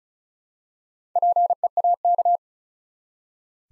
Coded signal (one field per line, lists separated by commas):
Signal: Morse code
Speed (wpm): 36 wpm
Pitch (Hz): 700 Hz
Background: none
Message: PEAK